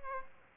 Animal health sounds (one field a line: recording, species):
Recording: mosquito wingbeat signal from an infrared sensor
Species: Aedes aegypti